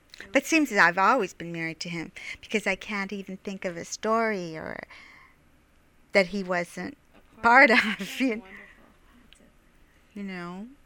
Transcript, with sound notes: But seems as if I've always been married to him, because I can't even think of a story or...that he wasn't part of (she laughs)
That's wonderful.
You know.